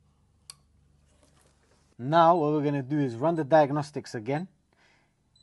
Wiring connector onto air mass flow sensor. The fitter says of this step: reattach now the air mass flow sensor connector make sure you hear the clip